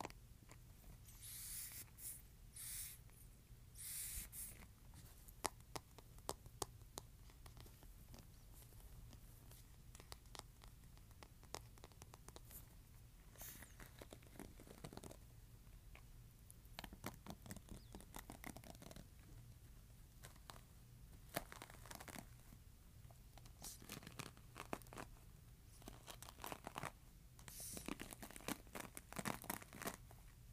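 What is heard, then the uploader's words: A hairbrush scratches in rapid, uneven strokes for the whole half-minute, each pass a bright, dry rasp. The scraping comes in dense clusters with brief pauses, heaviest near the start and around the middle, over a constant low hum underneath. ASMR Scratching Hairbrush.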